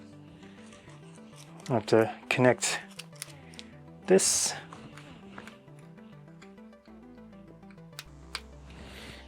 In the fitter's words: locked into place